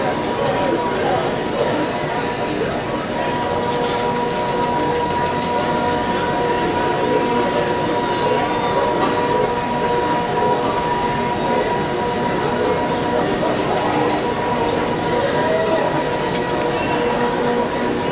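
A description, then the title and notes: A busy casino hums on a weekend, a dense, steady wash of overlapping voices and murmur with no pauses. Thin electronic tones ring continuously through the crowd noise, and brief brighter clinks and jingles surface now and then, around four and sixteen seconds. Busy Casino Weekend Ambience.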